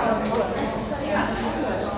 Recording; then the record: background sound without coughing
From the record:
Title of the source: 40 min - Ambience sounds UNIVERSITY lunchroom chatting